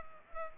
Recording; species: mosquito wingbeat signal from an infrared sensor; Culex pipiens